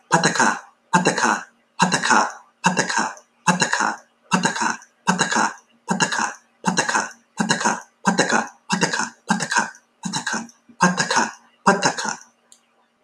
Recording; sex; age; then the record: repeated syllables /pa ta ka/; male; 20 to 29 years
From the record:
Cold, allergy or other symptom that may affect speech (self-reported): no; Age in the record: 26 years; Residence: Florida, United States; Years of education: 16